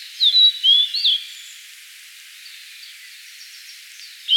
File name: Cyanoptila cyanomelana